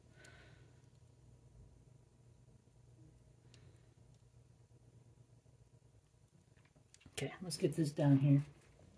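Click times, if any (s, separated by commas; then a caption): none. A plastic clip is being handled over the mounting posts inside an Xbox Elite Series 2 controller during a repair of the I/O board and bumper buttons. Faint ticks and handling noises sit under a low hum, and someone talks near the end. Nothing has seated or clicked yet.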